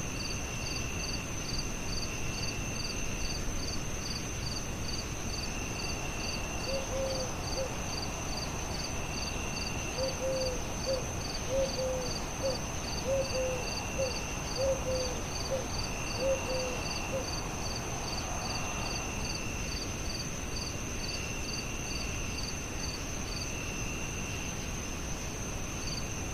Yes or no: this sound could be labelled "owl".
yes